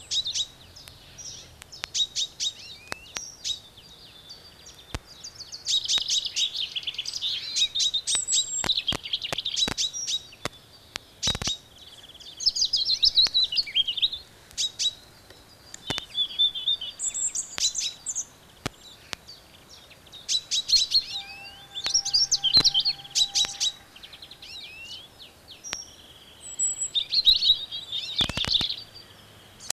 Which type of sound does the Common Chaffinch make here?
call